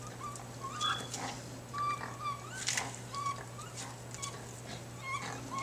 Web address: raccoons sounds 2010 04 12 02 41 12 raccoon fight